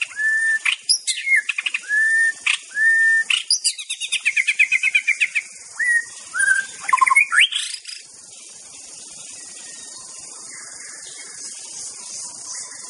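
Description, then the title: White-rumped shama song, a long varied phrase of clear whistles, sweeping upslurs and a rapid rattling trill, then fading whistles against a constant high hiss. Wild bird in forest; original natural song. "Kicau Asli Murai Batu Hutan"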